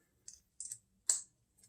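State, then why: Seated. During reassembly of a Ruger LCP pistol, a small internal part is pressed by hand into its recesses in the frame, pushed until it snaps; a non-marring tool is then used to make sure it is fully down. Light, bright clicks and scrapes come around 0.3 s and 0.6–0.7 s, then a loud, sharp snap at 1.1 s, followed by a faint tick near 1.6 s. The part snaps and seats at 1.1 s.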